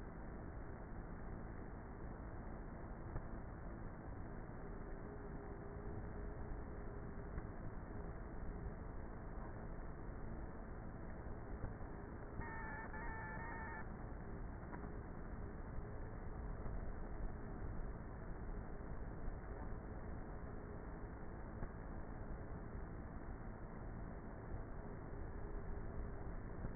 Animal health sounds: honeybee colony, microphone inside the hive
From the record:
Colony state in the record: queenless with a low population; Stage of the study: before two queens were removed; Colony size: about 30,000 bees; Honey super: no

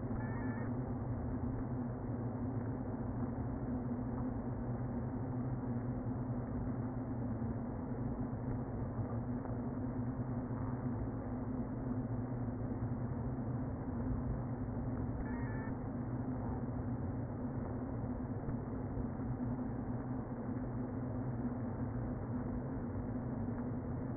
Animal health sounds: honeybee colony, microphone inside the hive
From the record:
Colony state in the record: queen present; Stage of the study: before two queens were removed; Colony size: about 60,000 bees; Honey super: yes

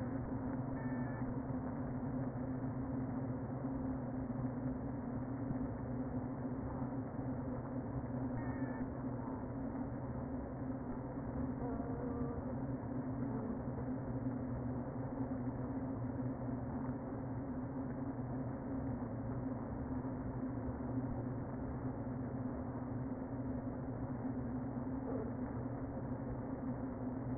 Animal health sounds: honeybee colony, microphone inside the hive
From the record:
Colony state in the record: queen present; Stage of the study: before two queens were removed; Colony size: about 60,000 bees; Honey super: yes

